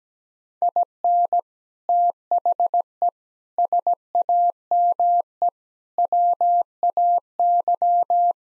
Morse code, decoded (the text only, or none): IN THE SAME WAY